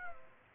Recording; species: mosquito wingbeat signal from an infrared sensor; Aedes aegypti